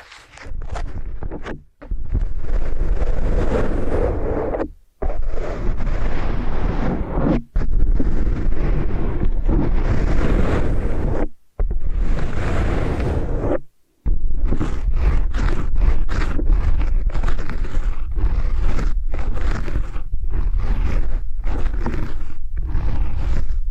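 Kinetic sand and ear cleaning make dense, crunchy rustling in loud bursts, broken by short silences near 2, 5, 11 and 14 seconds.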